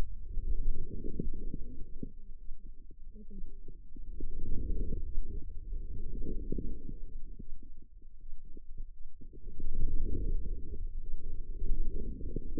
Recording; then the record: forearm muscle sounds (acoustic myography)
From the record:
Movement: inward rotation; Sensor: system 2, bracelet of six BSWA MPA416 microphones around the upper forearm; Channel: 5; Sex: female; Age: 25 years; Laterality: right